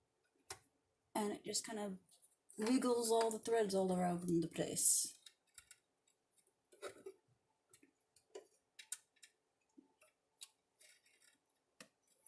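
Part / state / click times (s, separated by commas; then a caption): thread in a sewing machine thread guide / not seated / none. Someone talks while threading a sewing machine, guiding the thread into a thread guide, followed by a series of small, sharp clicking and handling sounds. The thread has not yet clicked into place; nothing has seated by the end of the clip.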